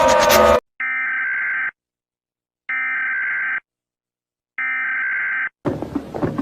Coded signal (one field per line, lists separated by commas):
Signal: Emergency Alert System (SAME) tones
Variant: header bursts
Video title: eas alarm alt part 1